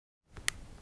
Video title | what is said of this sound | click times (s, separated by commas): Fix Smarphone Android Samsung Headphone Stereo Audio | should be a click sound and a lock in feeling listen | 0.5 s